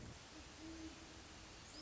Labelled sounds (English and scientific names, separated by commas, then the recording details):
Great Horned Owl (Bubo virginianus)
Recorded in Sonoma County, California